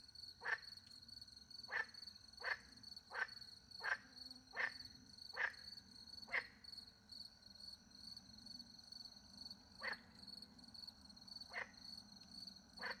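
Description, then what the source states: Frog: quick run of raspy frog croaks, then slower, more spaced calls after a pause, with crickets trilling steadily. Night, countryside in France, beside a little pond, with crickets; microphones hidden in a tree, two Usi pro microphones into a Mixpre 10 II recorder.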